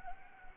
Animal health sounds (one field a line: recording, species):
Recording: mosquito wingbeat signal from an infrared sensor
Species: Anopheles gambiae